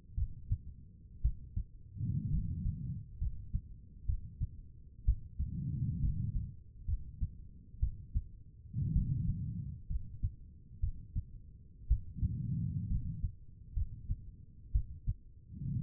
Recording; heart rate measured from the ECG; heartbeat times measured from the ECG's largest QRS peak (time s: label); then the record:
heart sounds by stethoscope; 61 bpm
0.15 s: heartbeat
1.22 s: heartbeat
2.31 s: heartbeat
3.19 s: heartbeat
4.07 s: heartbeat
5.06 s: heartbeat
6.01 s: heartbeat
6.86 s: heartbeat
7.80 s: heartbeat
8.93 s: heartbeat
9.88 s: heartbeat
10.81 s: heartbeat
11.88 s: heartbeat
12.89 s: heartbeat
13.74 s: heartbeat
14.72 s: heartbeat
15.80 s: heartbeat
From the record:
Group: healthy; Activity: rest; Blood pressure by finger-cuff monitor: 92/59 mmHg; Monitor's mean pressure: 69 mmHg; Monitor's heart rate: 62 bpm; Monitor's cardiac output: 4.8 L/min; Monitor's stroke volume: 80 mL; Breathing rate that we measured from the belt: 18 breaths a minute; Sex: female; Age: 36 years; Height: 163 cm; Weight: 88 kg